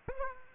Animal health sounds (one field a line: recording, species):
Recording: mosquito wingbeat signal from an infrared sensor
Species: Aedes aegypti